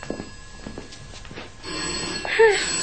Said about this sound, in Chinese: 我换衫啊，你去听电话啦。